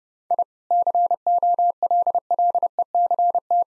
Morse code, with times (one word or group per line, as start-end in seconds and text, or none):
0.3-0.4 I
0.7-3.6 COLLECT